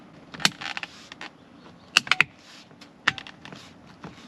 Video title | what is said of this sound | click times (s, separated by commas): Gen 2 Raptor - Carbon Fiber Steering Wheel Installation | I should be able to just push this in, hear a nice click, and then we should be finished. | 2.0 s, 2.1 s, 2.2 s